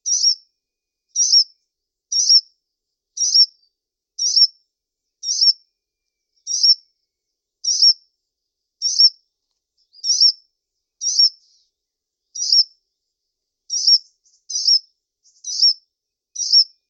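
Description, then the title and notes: Bird giving one high chirp after another at a steady pace of roughly one per second, a few coming closer together near the end. "Bird Sound. Kicau Burung Lengkap"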